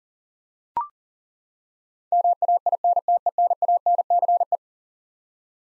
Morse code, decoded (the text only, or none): MAINTENANCE